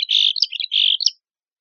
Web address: Sound Library Chickadees Allies AZFO MECH Deviche